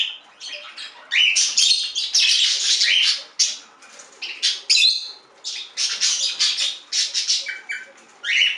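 Budgerigar warbling: a dense, continuous run of scratchy chirps, clicks and squawks, rising and falling in loudness with few breaks.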